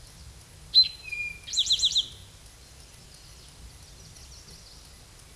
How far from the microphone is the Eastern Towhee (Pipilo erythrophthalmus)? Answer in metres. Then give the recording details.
about 5 m. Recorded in a Pennsylvania forest on 17 May 2023 at 13:16. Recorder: AudioMoth, point grid1_8_low. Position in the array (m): 120 m, 85 m